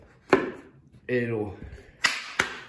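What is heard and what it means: The locking lever on a straight-edge clamp saw guide is thrown to clamp it without first pulling the release back, giving a single sharp, loud snap at 0.3 s. Someone talks briefly, then two more sharp knocks follow at about 2.1 s and 2.4 s. The guide is locked in place.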